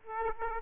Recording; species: mosquito wingbeat signal from an infrared sensor; Aedes aegypti